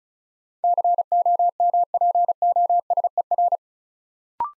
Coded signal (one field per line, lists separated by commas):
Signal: Morse code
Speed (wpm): 36 wpm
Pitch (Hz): 700 Hz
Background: none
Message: COMPOSER